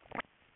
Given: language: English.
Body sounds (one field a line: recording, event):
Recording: throat vibration sensor signal played as sound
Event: swallow